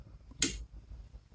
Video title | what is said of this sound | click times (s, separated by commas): How to change Bosch aero twin wiper blades #wipers #bosch #replacement | through like so till it snaps in place and then | 0.4 s